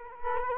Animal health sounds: mosquito wingbeat signal from an infrared sensor; Culex quinquefasciatus

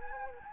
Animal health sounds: mosquito wingbeat signal from an infrared sensor; Anopheles gambiae

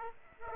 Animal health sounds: mosquito wingbeat signal from an infrared sensor; Aedes aegypti

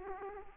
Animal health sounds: mosquito wingbeat signal from an infrared sensor; Aedes aegypti

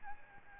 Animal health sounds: mosquito wingbeat signal from an infrared sensor; Aedes albopictus

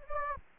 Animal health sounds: mosquito wingbeat signal from an infrared sensor; Anopheles gambiae

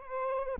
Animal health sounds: mosquito wingbeat signal from an infrared sensor; Aedes albopictus

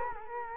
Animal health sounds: mosquito wingbeat signal from an infrared sensor; Culex quinquefasciatus

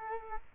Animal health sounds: mosquito wingbeat signal from an infrared sensor; Culex quinquefasciatus

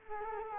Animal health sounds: mosquito wingbeat signal from an infrared sensor; Culex quinquefasciatus

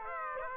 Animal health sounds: mosquito wingbeat signal from an infrared sensor; Aedes aegypti

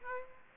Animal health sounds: mosquito wingbeat signal from an infrared sensor; Aedes aegypti

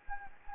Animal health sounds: mosquito wingbeat signal from an infrared sensor; Anopheles gambiae

